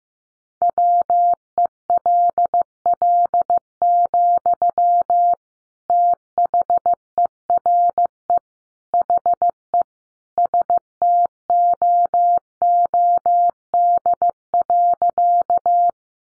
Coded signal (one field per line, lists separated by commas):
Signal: Morse code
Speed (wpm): 15 wpm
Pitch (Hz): 700 Hz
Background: none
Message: WELL, THERE HE STOOD.